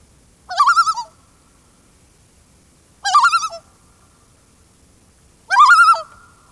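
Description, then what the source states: Common Loon tremolo call: three loud, quavering, wavering bursts about half a second long, repeated roughly every two and a half seconds, with quiet between. Initial, more isolated tremolo call, the first in a succession of tremolo calls.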